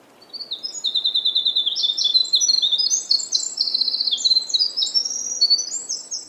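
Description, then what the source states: Winter Wren song: a long, rapid, tumbling cascade of very high trills and twittering notes running almost nonstop. Recorded in Acadia National Park, Maine, where bird populations are being affected by climate change.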